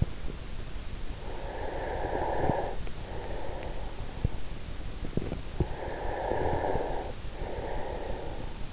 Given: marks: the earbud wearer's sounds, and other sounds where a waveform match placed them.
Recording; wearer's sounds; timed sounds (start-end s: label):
sounds in sleep by an in-ear microphone; breath
1.04-4.21 s: breath
5.46-8.72 s: breath